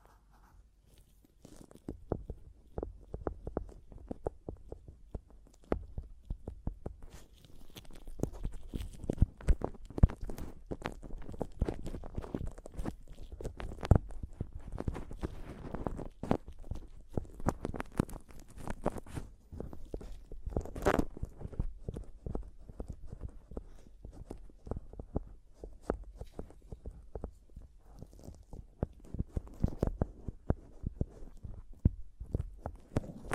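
Tapping and scratching on a microphone, a dense run of short knocks and scrapes that continues for the whole clip without a steady rhythm. The hits are mostly low and thumping, with occasional sharper, brighter clicks and brief gaps between clusters.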